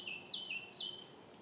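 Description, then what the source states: Short bird song fragment: four quick high notes, each sliding down, delivered within a second before fading to hiss. Recorded in 2015.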